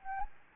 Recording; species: mosquito wingbeat signal from an infrared sensor; Anopheles gambiae